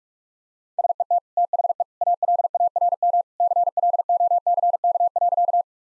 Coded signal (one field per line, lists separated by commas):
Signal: Morse code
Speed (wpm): 46 wpm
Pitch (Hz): 700 Hz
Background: none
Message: SET THE ALARM CLOCK.